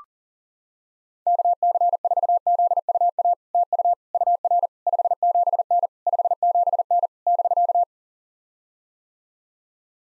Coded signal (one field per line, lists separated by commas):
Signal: Morse code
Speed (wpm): 40 wpm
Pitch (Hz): 700 Hz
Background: none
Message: KC4ZUA TU UR 57N 57N <BK>